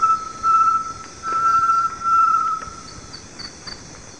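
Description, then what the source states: Great tinamou song: pure, low whistles held steady on one pitch, in two or three long notes, with a constant high insect drone behind. Recorded in the eastern lowlands of South America.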